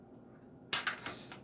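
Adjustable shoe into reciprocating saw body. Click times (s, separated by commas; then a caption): 0.7 s. A release button on the side of a cordless reciprocating saw's adjustable metal shoe is pressed and the shoe is lifted into its next position on the saw body. After near silence, a sharp metallic snap at 0.7 s marks the shoe seating into place, followed by a fainter knock near 0.9 s and another near 1.5 s.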